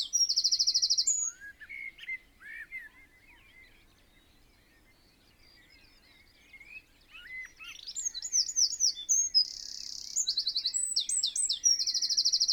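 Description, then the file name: Eurasian wren: a loud high trill at the start, a long quieter gap with bird calls, then an energetic rapid song with a steady buzzy trill. "Troglodytes troglodytes"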